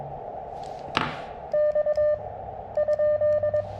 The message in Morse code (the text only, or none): X ?